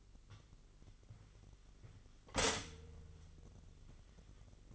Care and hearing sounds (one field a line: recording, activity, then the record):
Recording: daily activity, microphone in the room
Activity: stop toaster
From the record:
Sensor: 4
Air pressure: 1002.7 hPa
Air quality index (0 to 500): 234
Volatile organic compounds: 16 ppm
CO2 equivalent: 2534 ppm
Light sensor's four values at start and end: 21/74/27/27 and 20/66/25/24